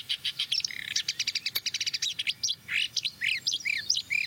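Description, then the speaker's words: Marsh warbler singing a fast buzzy rattle of rapidly repeated pulses, then switching to assorted clear whistled and slurred notes, all high-pitched and lively. Song of fast imitations, mostly of African species; this bird starts quite calmly. "Ja, deze bosrietzanger werkt gelukkig een beetje mee, want deze begint vrij rustig."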